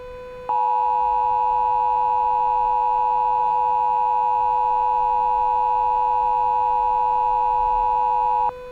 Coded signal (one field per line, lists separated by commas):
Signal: Emergency Alert System (SAME) tones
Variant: 853 and 960 Hz attention tone